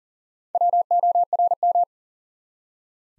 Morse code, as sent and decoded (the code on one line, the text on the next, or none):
.-- --- .-. --
WORM